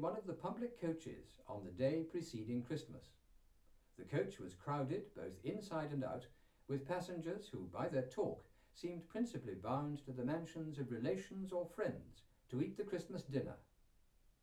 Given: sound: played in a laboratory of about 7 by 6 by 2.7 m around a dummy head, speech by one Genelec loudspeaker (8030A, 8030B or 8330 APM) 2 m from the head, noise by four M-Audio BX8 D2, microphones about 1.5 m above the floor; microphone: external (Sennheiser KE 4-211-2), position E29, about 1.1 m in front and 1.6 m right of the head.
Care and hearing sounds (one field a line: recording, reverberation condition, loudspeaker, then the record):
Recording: male speech in English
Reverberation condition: low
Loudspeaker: 90 degrees to the left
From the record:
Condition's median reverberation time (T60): about 310 ms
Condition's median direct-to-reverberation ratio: about 3.5 dB